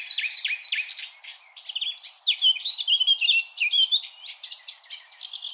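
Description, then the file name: Common nightingale song: a loud, unbroken stream of fast, varied warbling notes, chirps and slurred whistles throughout. "Luscinia megarhynchos"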